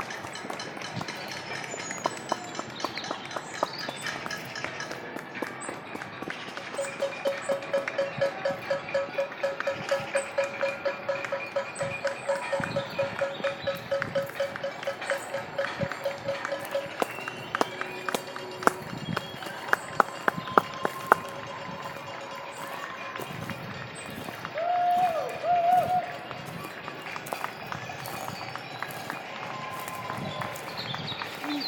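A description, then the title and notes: Neighbours clap outdoors for key workers, dense scattered applause building and peaking around twenty seconds, with a sustained whistle-like tone and voices. Clap for the NHS. Clapping for Key Workers in South London.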